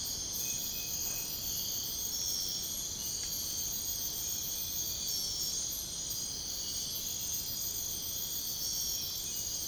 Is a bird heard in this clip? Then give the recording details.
no. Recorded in pastures near Puerto Asís, Putumayo, Colombia, on 13 March 2025 at 04:00. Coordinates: 0.502, -76.324. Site GP07